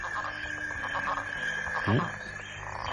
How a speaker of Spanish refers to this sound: Ahí hay grillos, aquí ranas. Hay grillos, hay ranas. Las ranas suelen cantar los machos, ¿vale? Los machos están haciendo un canto llamando a las hembras. Y en un ambiente pueden coexistir 20, 30 especies distintas y cada una reconoce a su especie